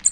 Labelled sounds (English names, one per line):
American Redstart flight call